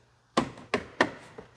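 A plastic interior trim piece for an Alpina B7 BMW, bought on eBay, is pushed into place in the car's interior and clips in with three sharp snaps at 0.4, 0.7 and 1.0 seconds, followed by a faint tap at 1.4 seconds. The trim piece is seated.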